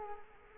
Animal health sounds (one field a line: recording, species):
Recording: mosquito wingbeat signal from an infrared sensor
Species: Culex quinquefasciatus